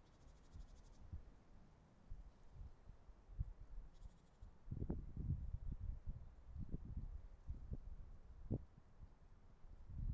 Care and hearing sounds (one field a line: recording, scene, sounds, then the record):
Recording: everyday scene through a hearing-aid microphone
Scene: wind on the microphone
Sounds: wind, traffic, birds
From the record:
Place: suburban garden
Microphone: behind the ear, right, front